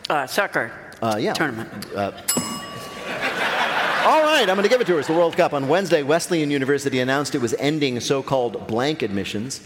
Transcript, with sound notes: Soccer...
Yeah.
...Tournament.
(SOUNDBITE OF BELL)
All right. I'm going to give it to her. It's the World Cup. On Wednesday, Wesleyan University announced it was ending so-called blank admissions.